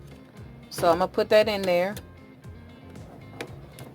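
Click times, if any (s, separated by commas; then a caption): 3.4 s. A blue ink cartridge is pushed into its slot in the carriage of an Epson 3640 inkjet printer set up for sublimation. Someone talks, then after a quiet pause a sharp snap at 3.4 seconds shows the cartridge seating home, followed by a fainter tick.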